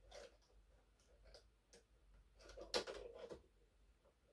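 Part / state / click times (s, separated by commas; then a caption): plastic building element into a brick structure / seated / 2.7 s. A plastic building element is pressed onto a brick structure during a build of LEGO set 21174 Minecraft The Modern Treehouse. After quiet handling ticks and a faint tap at 1.3 s, a sharp, loud snap is heard at 2.7 s, followed by a short burst of rustling. The part seats and locks into place.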